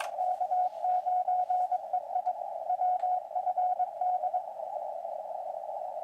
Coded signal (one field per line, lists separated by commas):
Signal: Morse code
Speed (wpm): 23 wpm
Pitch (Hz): 720 Hz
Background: radio noise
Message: K9EI WFD